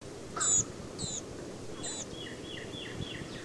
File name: Blue-gray Gnatcatcher